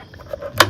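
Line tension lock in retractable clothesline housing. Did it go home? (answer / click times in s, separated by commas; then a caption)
yes / 0.1 s, 0.3 s, 0.6 s. The tension lock inside a retractable clothesline housing (Gorilla Line Max) is engaged, and the line is tightened with its ratchet. Three sharp ratchet clicks are heard at 0.1, 0.3 and 0.6 seconds, and the last is the loudest. The lock has seated and holds the line under tension.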